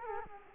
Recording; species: mosquito wingbeat signal from an infrared sensor; Culex quinquefasciatus